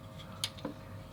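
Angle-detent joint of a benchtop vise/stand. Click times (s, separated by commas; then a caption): 0.4 s, 0.6 s. The loosened tilt joint of an ARROWMAX SDS Ultra Plus mini electric drill benchtop press vise clamp (2.35 mm) is rotated by hand without pushing, so its spring detent drops into the next divot. Two short clicks are heard, a sharp one at 0.4 s and a softer one at 0.7 s, over a quiet background. The detent seats into position.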